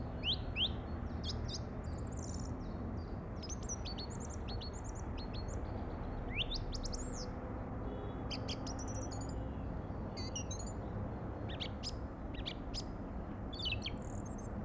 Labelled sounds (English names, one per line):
Song Thrush song